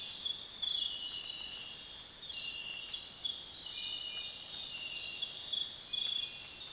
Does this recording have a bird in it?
no